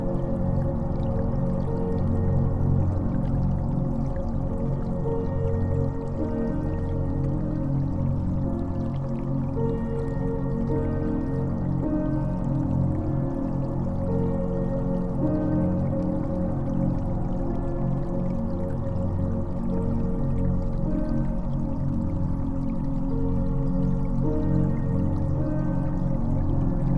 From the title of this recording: Relaxing Water flow sound with deep Relaxing Music